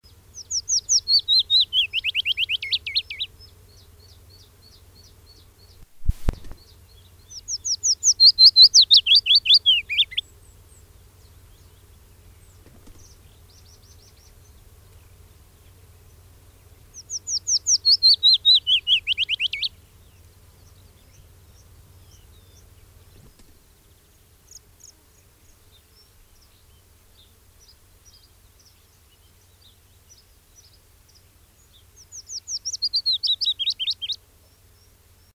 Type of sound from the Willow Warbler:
song